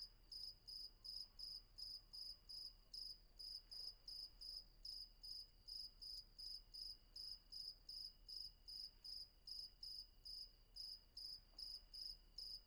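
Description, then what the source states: Cricket chirps, rapid high bursts repeating steadily two to three times per second, with a thin continuous tone lower down. Night atmosphere at Vagia, Patmos, Greece; recorded with Fostex FR-2 and MKH800.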